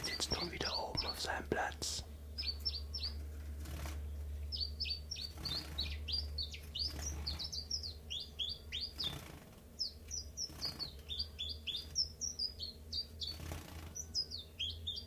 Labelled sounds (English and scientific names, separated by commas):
Common Chiffchaff (Phylloscopus collybita)